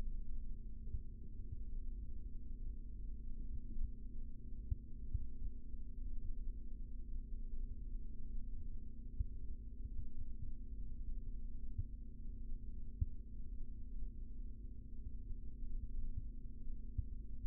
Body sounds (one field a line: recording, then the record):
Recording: forearm muscle sounds (acoustic myography)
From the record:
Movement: rest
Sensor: system 3, bracelet of six PUI Audio POM-2738L microphones around the upper forearm, with dedicated amplification and filtering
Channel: 5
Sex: male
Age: 25 years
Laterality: right